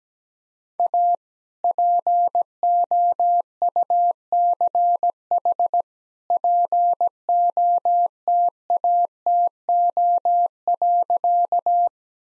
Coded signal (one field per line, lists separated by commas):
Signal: Morse code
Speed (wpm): 17 wpm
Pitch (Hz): 700 Hz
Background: none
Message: A POUCH POTATO.